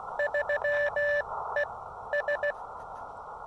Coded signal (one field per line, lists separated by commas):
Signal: Morse code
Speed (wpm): 17 wpm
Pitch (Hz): 600 Hz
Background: none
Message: 3 E S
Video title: Solar Flare! QRP SOTA Activation of The Pinnacle with the Chameleon MPAS Lite and Elecraft KX2